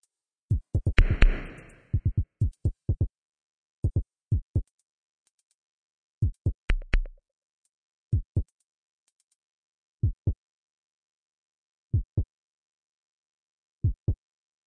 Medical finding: Aural heartbeat.